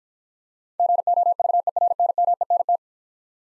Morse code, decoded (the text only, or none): GOVERNMENT